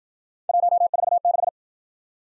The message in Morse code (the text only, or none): 146